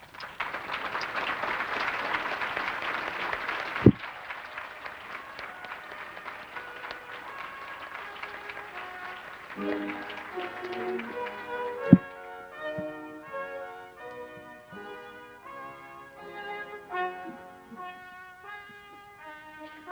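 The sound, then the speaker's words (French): An audience applauds itself as Bernard de Montréal is welcomed, with brief, dense, steady clapping, then the clapping fades as tonal music with sustained notes takes over, punctuated by a couple of sharp knocks. “Et au moment où il va entrer, je vous demande de vous applaudir vous-même cette fois-ci.”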